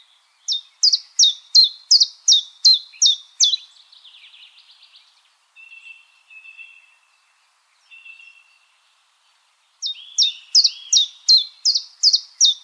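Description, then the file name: Common chiffchaff singing two runs of evenly spaced, high, dropping notes, with soft chattering and quiet lower notes between the strophes. "Golosa ptic - Penochka-tenkovka Phylloscopus collybita"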